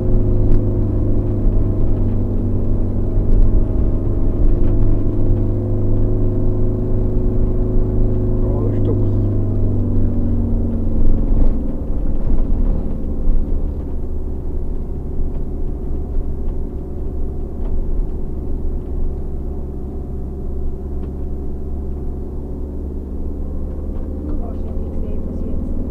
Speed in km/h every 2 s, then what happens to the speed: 35, 35, 35, 37, 37, 29, 22, 22, 24, 24, 24, 25, 27.
0-8 steady at about 35. 8-13 slows to 22. 13-26 steady at about 24.